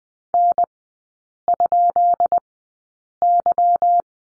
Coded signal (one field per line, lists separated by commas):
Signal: Morse code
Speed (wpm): 20 wpm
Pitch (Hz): 700 Hz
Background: none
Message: N?Y